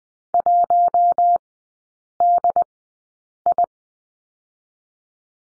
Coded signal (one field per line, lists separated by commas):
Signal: Morse code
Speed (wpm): 20 wpm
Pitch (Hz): 700 Hz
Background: none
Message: 1DI